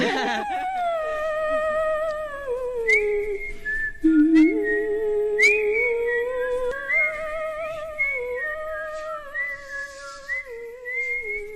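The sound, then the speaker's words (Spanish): A woman whistles a continuous melody for about twelve seconds, her bright tone sliding up and down between held notes with a few brief breaks and sharp clicks along the way. “No es cierto, sí silbamos.”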